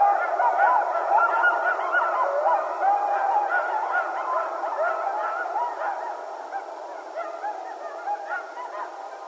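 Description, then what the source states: Coyotes in a dense group chorus of warbling, wavering yips and quavering howls, overlapping constantly and fading slightly toward the end. Several coyotes, recorded 15 January 2012.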